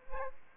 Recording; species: mosquito wingbeat signal from an infrared sensor; Aedes albopictus